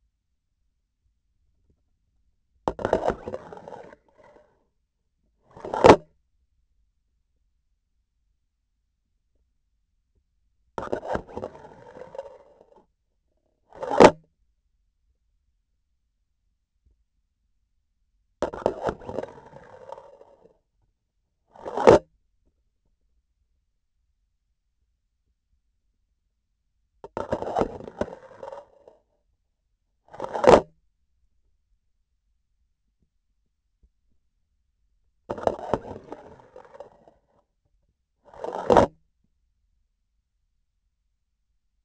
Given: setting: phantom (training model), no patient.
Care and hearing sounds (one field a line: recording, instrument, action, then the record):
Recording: laparoscopic instrument, vibration sensor on the handle end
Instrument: grasping forceps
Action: insertion and removal through the trocar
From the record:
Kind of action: spatial motion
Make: other than Olympus